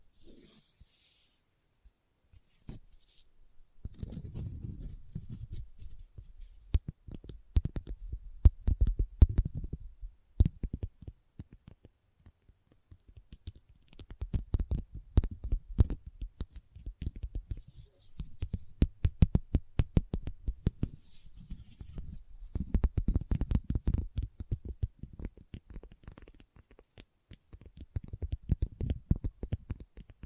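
Fingers tap and scratch on leather in quick, uneven bursts, each a soft dull thud with a brief crisp edge. Dense stretches of tapping run from about 4 to 10 seconds, 14 to 20, and 22 to 27, separated by near silence.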